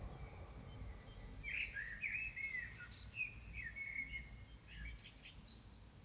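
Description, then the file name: Common blackbird song: a rich warbled whistled phrase with a few high squeaky notes trailing after, against a low background hum. Recorded in Dresden. "DRESDE Merle"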